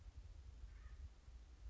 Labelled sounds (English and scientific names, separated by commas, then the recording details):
Acorn Woodpecker (Melanerpes formicivorus)
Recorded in Sonoma County, California